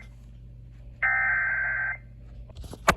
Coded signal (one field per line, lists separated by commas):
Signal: Emergency Alert System (SAME) tones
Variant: header bursts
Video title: Severe Thunderstorm Warning EAS#709 KPBX-FM